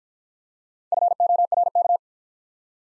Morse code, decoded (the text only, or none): FORK